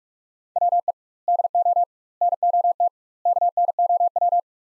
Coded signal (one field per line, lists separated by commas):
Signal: Morse code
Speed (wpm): 47 wpm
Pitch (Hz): 700 Hz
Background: none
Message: WE DO NOT KNOW